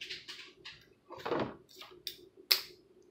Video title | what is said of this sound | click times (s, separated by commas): NQD,Tear Into,757 Jet Boat,Unboxing | it locks into place a couple | 2.5 s